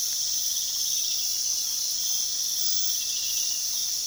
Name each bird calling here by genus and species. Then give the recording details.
none. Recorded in pastures near Puerto Asís, Putumayo, Colombia, on 19 February 2024 at 03:00. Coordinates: 0.468, -76.328. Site G6414